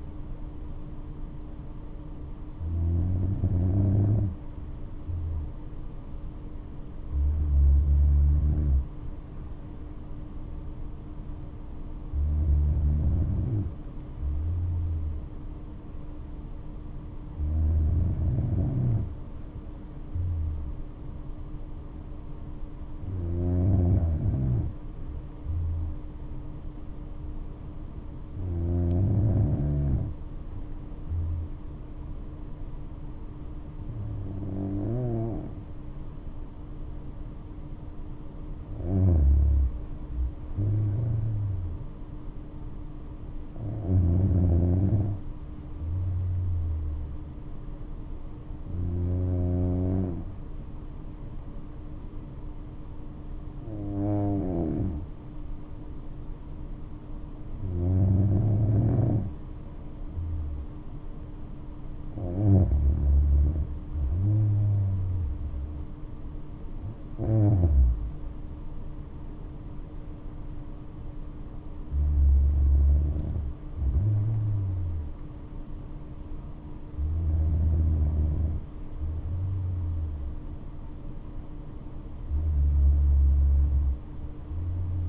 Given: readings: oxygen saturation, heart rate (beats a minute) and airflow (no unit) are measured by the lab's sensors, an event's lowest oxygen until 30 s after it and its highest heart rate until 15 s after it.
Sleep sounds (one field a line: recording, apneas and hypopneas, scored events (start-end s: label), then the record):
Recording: breathing in sleep by a smartphone at the bedside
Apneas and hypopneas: 1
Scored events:
19.00-38.40 s: hypopnea (N2, oxygen 96% highest, then 94% lowest, heart rate 63 at the start, 69 highest)
From the record:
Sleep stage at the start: N2 (light sleep)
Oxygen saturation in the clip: 93 to 96%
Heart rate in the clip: 59 to 71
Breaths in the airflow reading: 17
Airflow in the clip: -8.2 to 9.3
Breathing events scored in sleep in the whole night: 228 in 5.4 hours asleep